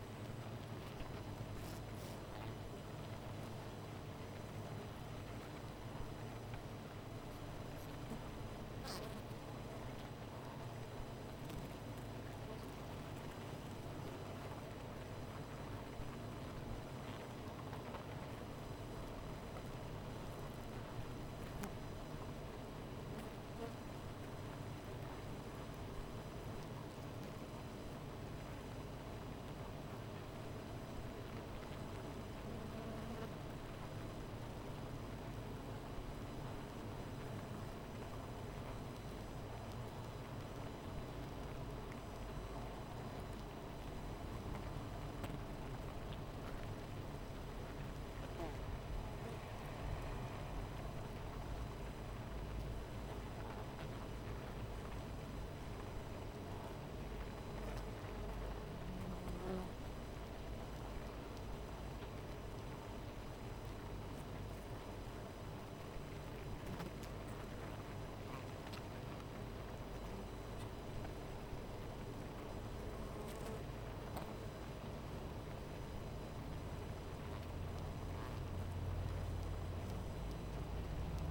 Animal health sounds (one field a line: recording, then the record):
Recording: honeybee colony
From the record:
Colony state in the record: missing queen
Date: 14 July 2017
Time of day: 13:34